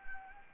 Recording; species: mosquito wingbeat signal from an infrared sensor; Anopheles gambiae